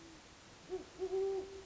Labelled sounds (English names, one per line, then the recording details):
Great Horned Owl
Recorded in Sonoma County, California